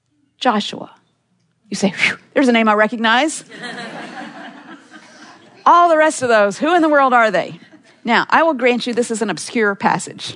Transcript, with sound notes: Joshua You say, “Whew! There’s a name I recognize!” (laughter) All the rest of those... who in the world are they?” Now, I will grant you, this is an obscure passage,